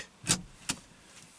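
A car seat belt's metal latch plate is pushed firmly into the seat buckle, giving a broadband clack at 0.3 s followed by a sharp, bright click at 0.7 s as it latches. The latch plate seats securely in the buckle.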